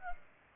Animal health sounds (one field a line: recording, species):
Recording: mosquito wingbeat signal from an infrared sensor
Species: Culex pipiens